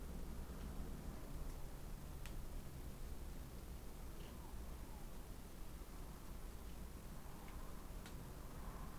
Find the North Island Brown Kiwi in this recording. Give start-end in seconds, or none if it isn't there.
none